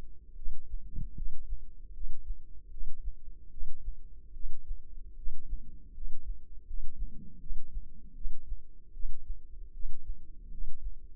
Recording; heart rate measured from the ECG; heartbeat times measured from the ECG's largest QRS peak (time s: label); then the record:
heart sounds by microphone in the left ear; 77 bpm
0.35 s: heartbeat
1.14 s: heartbeat
1.92 s: heartbeat
2.69 s: heartbeat
3.49 s: heartbeat
4.32 s: heartbeat
5.15 s: heartbeat
5.93 s: heartbeat
6.65 s: heartbeat
7.38 s: heartbeat
8.13 s: heartbeat
8.92 s: heartbeat
9.72 s: heartbeat
10.49 s: heartbeat
From the record:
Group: healthy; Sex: female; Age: 19 years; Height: 163 cm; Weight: 51 kg